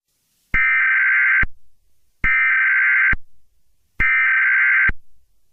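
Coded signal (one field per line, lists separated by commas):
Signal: Emergency Alert System (SAME) tones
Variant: header bursts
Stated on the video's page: Fictional EAS scenario.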